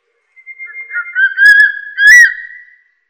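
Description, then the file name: Crested serpent eagle giving a whistled call: a thin quavering whistle that builds into two loud ringing notes, the last one drawn out and fading away. "大冠鷲"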